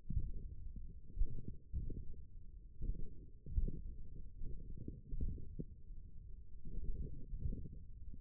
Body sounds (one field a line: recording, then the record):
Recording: forearm muscle sounds (acoustic myography)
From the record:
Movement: tripod grip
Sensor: system 1, eight BSWA MPA416 microphones around the upper forearm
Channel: 7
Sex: male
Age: 28 years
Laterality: right